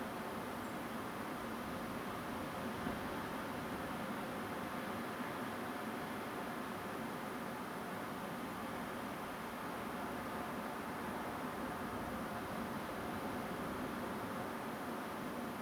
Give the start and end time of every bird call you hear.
[0.64, 0.74] Song Thrush (7.3-9.5 kHz)

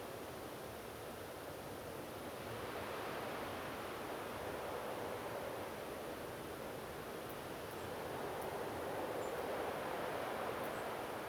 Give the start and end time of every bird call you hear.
[7.76, 7.88] European Robin (7.4-8.8 kHz)
[9.21, 9.30] European Robin (6.8-8.3 kHz)
[10.72, 10.83] European Robin (7.5-8.8 kHz)

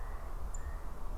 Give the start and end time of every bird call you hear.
[0.52, 0.57] Song Thrush (6.6-10.1 kHz)

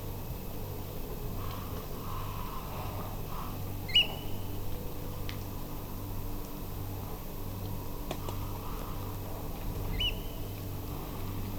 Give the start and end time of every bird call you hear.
[3.88, 4.03] Eurasian Oystercatcher (1.8-9.1 kHz)
[9.93, 10.11] Eurasian Oystercatcher (1.7-9.2 kHz)

